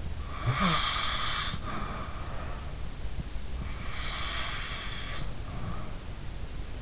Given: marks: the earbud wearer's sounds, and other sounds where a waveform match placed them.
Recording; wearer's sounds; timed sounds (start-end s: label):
sounds in sleep by an in-ear microphone; snoring breath
0.29-2.84 s: snoring breath
3.61-6.03 s: snoring breath